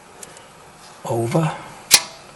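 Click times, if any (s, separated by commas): 1.9 s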